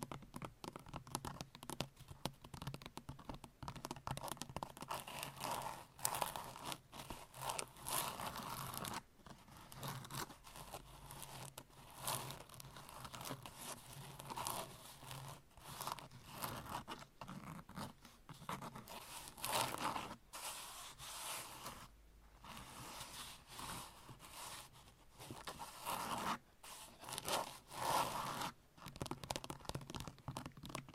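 Long nails scratch and tap in a dense, busy stream of crisp, bright strokes for the full half minute. Short bursts crowd together with brief gaps, some strokes crinkling or tearing, and a few sharper taps stand out near 20 and 28 seconds.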